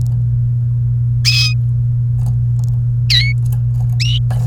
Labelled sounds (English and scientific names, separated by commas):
Domestic Canary (Serinus canaria) song